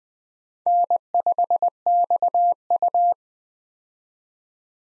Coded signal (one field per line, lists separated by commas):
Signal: Morse code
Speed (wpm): 20 wpm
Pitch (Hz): 700 Hz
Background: none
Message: N5XU